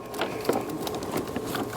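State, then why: Not seated. An EVAP purge valve or line on a Ford Focus, being repaired for a crank-no-start after refueling with codes P0171 and P0456, is handled and pushed forward by hand toward its mount. Soft taps and rustles at about 0.2, 0.5, 0.9 and 1.6 s sit over a steady background hum. Nothing has seated or clicked yet.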